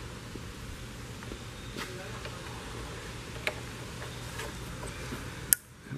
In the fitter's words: And to replace the new one we're essentially just going to reverse the order and plug that until you hear the click.